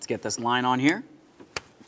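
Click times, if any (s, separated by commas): 1.6 s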